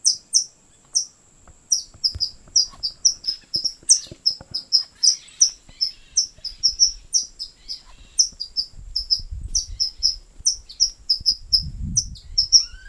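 White-throated kingbird giving rapid high, thin chipping notes in irregular bursts throughout, over a steady high insect whine and faint low rumbles.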